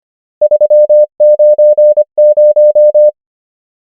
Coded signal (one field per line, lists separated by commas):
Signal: Morse code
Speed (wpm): 25 wpm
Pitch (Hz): 600 Hz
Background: none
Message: 3 9 0